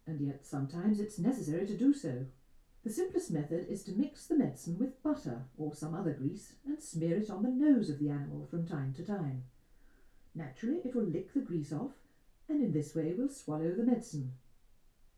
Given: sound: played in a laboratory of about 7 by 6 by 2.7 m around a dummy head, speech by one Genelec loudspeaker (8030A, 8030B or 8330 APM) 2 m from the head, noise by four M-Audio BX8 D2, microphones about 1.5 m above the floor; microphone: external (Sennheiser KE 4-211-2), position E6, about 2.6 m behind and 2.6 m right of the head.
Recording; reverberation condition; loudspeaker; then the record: female speech in English; low; 120 degrees to the right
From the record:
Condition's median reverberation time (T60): about 310 ms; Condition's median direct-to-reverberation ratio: about 3.5 dB